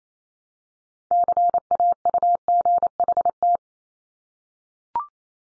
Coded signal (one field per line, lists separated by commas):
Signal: Morse code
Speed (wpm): 28 wpm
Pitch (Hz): 700 Hz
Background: none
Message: CAUGHT